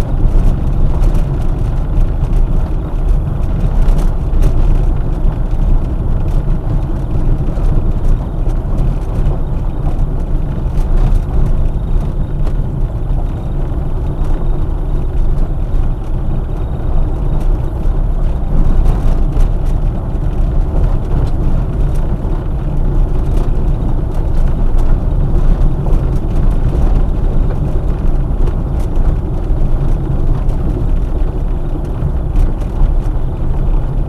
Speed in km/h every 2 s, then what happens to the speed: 24, 25, 24, 24, 22, 19, 20, 23, 24, 24, 24, 22, 22, 22, 21, 22, 23.
0-34 steady at about 23.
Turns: none.